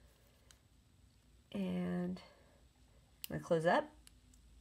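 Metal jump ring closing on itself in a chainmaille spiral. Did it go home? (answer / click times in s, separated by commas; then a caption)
yes / 4.1 s, 4.3 s. Someone talks while a third 18-gauge, 7 mm metal jump ring, looped through two others in a chainmaille spiral, is closed with pliers until its ends meet. Small, sharp clicks are heard at 4.1 and 4.3 seconds as the ring's ends click closed and seat.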